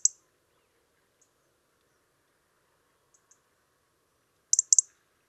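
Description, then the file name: European robin calling with a single sharp high tick, a few faint ones, then a closing cluster of loud rapid ticks after a quiet pause. "Erithacus rubecula"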